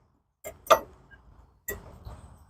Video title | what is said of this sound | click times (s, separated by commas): 2011 Kia Sorento Rear Brake Pads and Rotors Replacement... | And as you can see, they'll snap right in. | 1.7 s